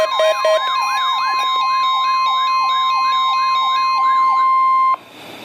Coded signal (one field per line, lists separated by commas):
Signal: Emergency Alert System (SAME) tones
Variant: 1050 Hz attention tone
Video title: Required Weekly Test - 04/16/14 (EAS #644)